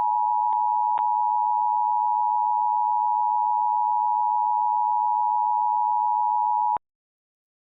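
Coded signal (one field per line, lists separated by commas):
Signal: Emergency Alert System (SAME) tones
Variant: 853 and 960 Hz attention tone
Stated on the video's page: Fictional scenario whose alert tones are stated to be valid.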